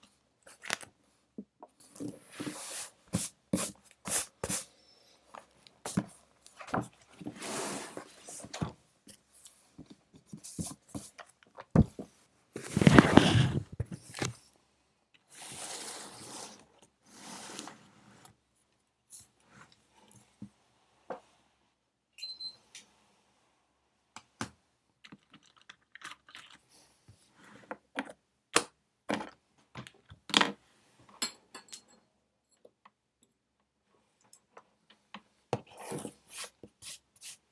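Someone studies with a pencil, making scratchy writing strokes in short bursts, with brief clicks and taps scattered throughout. The activity is busiest in the first twenty seconds, with a dense rustling burst around thirteen seconds, then thins to sparse taps over quiet, hissy ambience.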